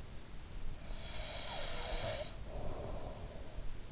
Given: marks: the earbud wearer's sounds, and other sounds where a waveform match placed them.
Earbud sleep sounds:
sounds in sleep by an in-ear microphone; breath
0.60-3.81 s: breath

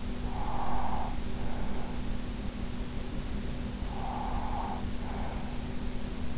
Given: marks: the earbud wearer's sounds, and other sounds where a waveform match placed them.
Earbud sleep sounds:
sounds in sleep by an in-ear microphone; breath
0.00-2.33 s: breath
3.43-6.31 s: breath

